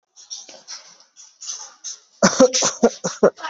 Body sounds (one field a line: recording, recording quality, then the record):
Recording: shallow voluntary cough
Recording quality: excellent, no background noise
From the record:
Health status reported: COVID-19 positive, mild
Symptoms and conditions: cough, cold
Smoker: not ticked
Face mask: not worn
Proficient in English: yes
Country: India